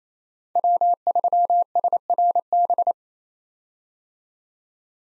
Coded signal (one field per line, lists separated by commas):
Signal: Morse code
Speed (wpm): 27 wpm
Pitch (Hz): 700 Hz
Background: none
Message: W3SRB